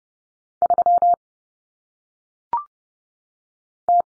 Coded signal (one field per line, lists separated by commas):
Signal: Morse code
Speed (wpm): 30 wpm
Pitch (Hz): 700 Hz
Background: none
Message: 3 T